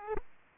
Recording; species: mosquito wingbeat signal from an infrared sensor; Aedes aegypti